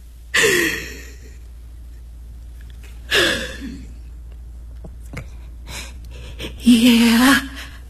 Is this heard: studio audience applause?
no